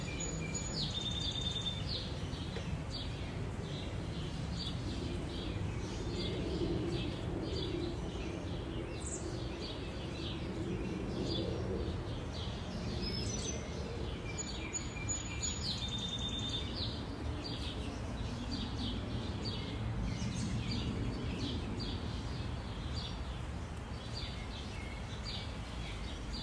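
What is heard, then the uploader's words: Various birds sing in the early morning, their chirps and short calls scattered high over a thick, steady low rumble that fills the whole recording. The calls come in brief bursts, busiest around the middle, behind the constant background noise. Backyard Birdsongs. A delightful medley of various birds singing in the early morning.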